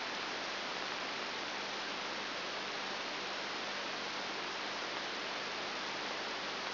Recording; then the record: brain microelectrode recording played as sound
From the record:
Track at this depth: inside the subthalamic nucleus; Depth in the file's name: 1.504 mm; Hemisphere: left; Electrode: 3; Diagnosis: Parkinson's disease